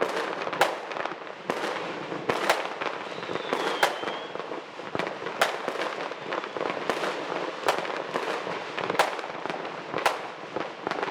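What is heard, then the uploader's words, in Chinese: Fireworks and firecrackers go off in a dense, irregular barrage, sharp cracks landing roughly every second or faster over a continuous crackling wash. A few louder bangs stand out near the start and middle, and a brief whistling tone rises and falls around four seconds. 当然最不可缺少的年味是放鞭炮。争相斗艳的烟花炮竹。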